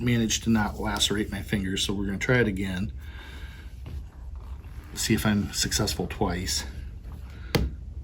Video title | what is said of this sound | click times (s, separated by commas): Broadheads of the Week - BEAST | There we go. You hear the click. It's closed. | 7.6 s